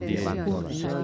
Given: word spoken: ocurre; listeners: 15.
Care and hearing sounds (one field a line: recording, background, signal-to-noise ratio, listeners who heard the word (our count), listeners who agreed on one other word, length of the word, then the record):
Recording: one Spanish word in noise, from a listening test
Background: four-talker babble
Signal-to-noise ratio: -1.9 dB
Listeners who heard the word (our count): 0 of 15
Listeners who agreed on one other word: 7 of 15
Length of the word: 0.64 s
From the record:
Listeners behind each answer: 7, 2, 1, 1, 1, 1, 1, 1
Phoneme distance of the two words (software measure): 66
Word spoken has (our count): 3 syllables, 5 phonemes, stress on syllable 2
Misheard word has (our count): 2 syllables, 7 phonemes, stress on syllable 2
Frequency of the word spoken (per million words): 88.55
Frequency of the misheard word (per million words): 16.64